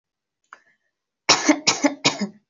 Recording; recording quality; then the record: shallow voluntary cough; excellent, no background noise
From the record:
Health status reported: healthy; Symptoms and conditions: none ticked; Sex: female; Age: 30 years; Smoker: not ticked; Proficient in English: yes